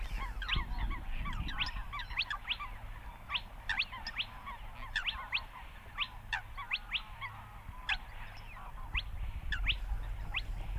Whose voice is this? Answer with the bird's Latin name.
Porzana porzana